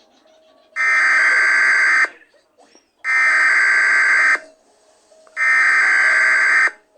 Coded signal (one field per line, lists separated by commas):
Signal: Emergency Alert System (SAME) tones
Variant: header bursts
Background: speech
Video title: EAS scenario CN SD40-2W exe #5252